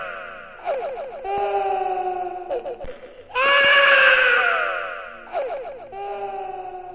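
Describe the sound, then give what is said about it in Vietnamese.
A child cries bitterly in long, wailing sobs that slide downward in pitch, swelling into one loud, sustained howl midway before breaking back into shorter anguished cries. “Còn vương lại tiếng trẻ con khóc đến thảm thiết.”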